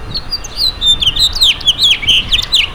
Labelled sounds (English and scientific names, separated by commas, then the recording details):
House Finch (Haemorhous mexicanus) song
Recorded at Freeport on Long Island, New York, on 28 May 2013
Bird D